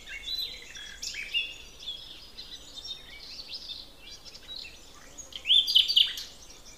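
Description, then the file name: Common nightingale singing short varied phrases of clear whistles and fast chips, with a loud bright flourish near the end, set against a constant shimmer of high-pitched birdsong. "Luscinia megarhynchos"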